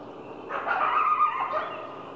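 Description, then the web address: Coyote bark, a single hoarse, harsh burst lasting about a second, rising out of a quiet hiss and fading away. "coyote barking birds in bg"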